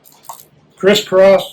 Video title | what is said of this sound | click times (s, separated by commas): Mounting Installation Part 3 of 3: Mounting the TorqueBox® | Now I'm going to go ahead and pull this bolt until I get a click. That's 200 inch-pounds. | 0.3 s